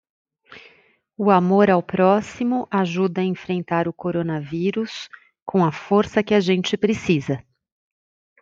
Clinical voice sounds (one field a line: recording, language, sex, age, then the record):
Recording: spoken sentence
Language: Brazilian Portuguese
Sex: female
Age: 40 to 49 years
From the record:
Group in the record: control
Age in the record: 48 years